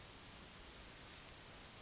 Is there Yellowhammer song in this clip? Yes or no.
no